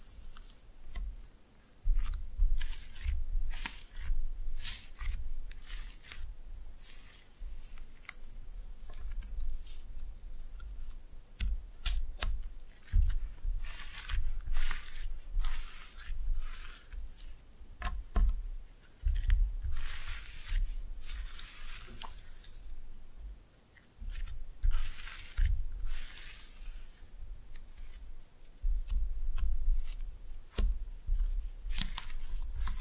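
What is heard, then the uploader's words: Slime being played with makes a busy run of wet squishing and sticky popping sounds, coming in quick irregular bursts throughout. Sharp clicks and snaps cut through often, while a soft low rumble sits underneath. There's a brief quieter dip around twenty-four seconds. ASMR Fun with Slime No Talking.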